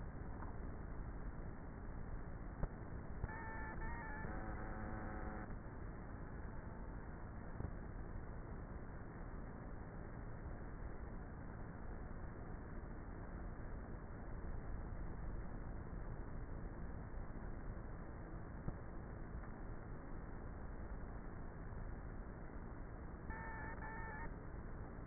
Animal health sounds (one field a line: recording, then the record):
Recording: honeybee colony, microphone inside the hive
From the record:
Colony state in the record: queenless with a low population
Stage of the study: before two queens were removed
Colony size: about 30,000 bees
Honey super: no